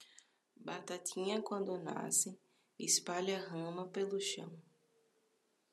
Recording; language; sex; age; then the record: short text; Brazilian Portuguese; female; 20 to 29 years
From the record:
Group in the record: control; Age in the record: 28 years